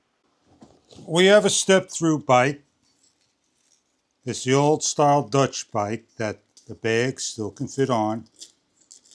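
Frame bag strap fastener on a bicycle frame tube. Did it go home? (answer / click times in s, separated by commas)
yes / 8.9 s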